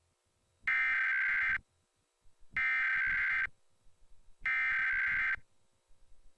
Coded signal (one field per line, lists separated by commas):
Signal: Emergency Alert System (SAME) tones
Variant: header bursts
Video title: EAS #11 - National Periodic Test - Oct 3, 2018 - 2:18PM EDT (WWJ-TV & WDVD-FM)